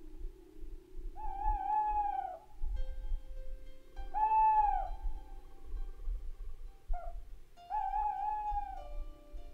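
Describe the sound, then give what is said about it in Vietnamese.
An owl hoots three times, each call a wavering, mid-pitched tone lasting about a second, spaced a couple of seconds apart over a low, steady rumble. No one speaks. “Con cú rùng mình, đoạn tung cánh bay vút lên trên nền trời u tối.”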